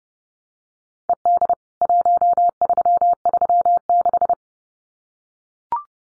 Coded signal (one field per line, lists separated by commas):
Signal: Morse code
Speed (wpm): 30 wpm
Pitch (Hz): 700 Hz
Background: none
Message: ED 1336